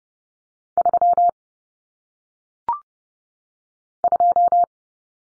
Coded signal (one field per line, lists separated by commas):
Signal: Morse code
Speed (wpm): 30 wpm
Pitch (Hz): 700 Hz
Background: none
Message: 3 2